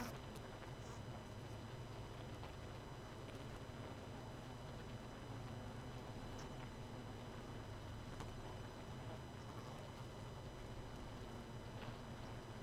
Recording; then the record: honeybee colony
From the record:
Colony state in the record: missing queen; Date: 31 May 2018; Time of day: 23:36